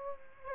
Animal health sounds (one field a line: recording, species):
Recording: mosquito wingbeat signal from an infrared sensor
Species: Aedes aegypti